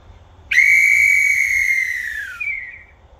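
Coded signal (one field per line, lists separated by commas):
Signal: whistle signal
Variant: crane whistle signal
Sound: one long shrill whistle blast, about two seconds, pitch sagging at the end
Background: low hum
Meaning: One long blast means lower the hook or rope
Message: 1 long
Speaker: down on the wire or hook down or rope down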